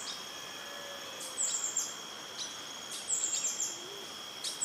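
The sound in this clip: Rufous-throated sapphire uttering clusters of sharp, very high chips in two or three bursts, against a continuous insect drone and faint low whistled notes.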